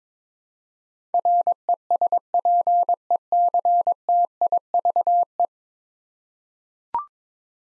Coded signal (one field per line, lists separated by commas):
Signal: Morse code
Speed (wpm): 22 wpm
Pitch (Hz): 700 Hz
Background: none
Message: RESPECTIVE